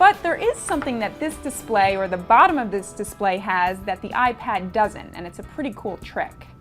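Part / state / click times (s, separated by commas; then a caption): keyboard cover into tablet magnetic connector / not seated / none. A thin keyboard cover is being handled near the magnetic connector on the bottom edge of a Microsoft Surface RT tablet, where strong magnets will pull it home. Someone talks throughout over background music. Nothing has seated or clicked yet.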